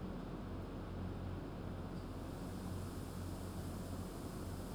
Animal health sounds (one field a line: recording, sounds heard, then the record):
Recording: poultry house recording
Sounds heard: no chicken sound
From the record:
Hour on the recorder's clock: 1